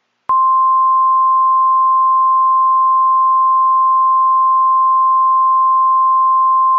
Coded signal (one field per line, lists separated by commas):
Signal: Emergency Alert System (SAME) tones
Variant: 1050 Hz attention tone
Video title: Severe Weather Statement (EAS# 99)